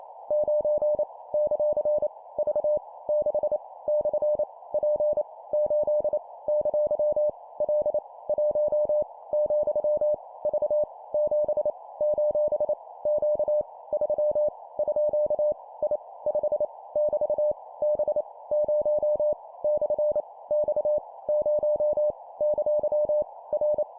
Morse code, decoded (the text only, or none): 9 ; V 6 / P 8 ! L 1 , V 7 : Q 3 _ I 5 <BT> B 0 / X 0 ! R